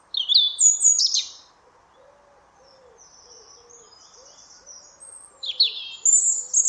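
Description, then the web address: European robin song: thin, high warbled phrases at the start and end, separated by a quiet gap, over a steady hiss and faint low hooting notes repeated through the middle. "Deverinetal 2025 File origin Bird Only Er Ru"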